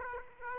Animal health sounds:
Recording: mosquito wingbeat signal from an infrared sensor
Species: Aedes aegypti

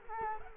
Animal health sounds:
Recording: mosquito wingbeat signal from an infrared sensor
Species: Culex quinquefasciatus

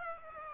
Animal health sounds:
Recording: mosquito wingbeat signal from an infrared sensor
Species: Aedes aegypti

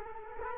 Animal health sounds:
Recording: mosquito wingbeat signal from an infrared sensor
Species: Culex quinquefasciatus

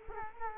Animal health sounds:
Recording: mosquito wingbeat signal from an infrared sensor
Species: Culex quinquefasciatus

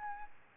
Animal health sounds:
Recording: mosquito wingbeat signal from an infrared sensor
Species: Aedes albopictus

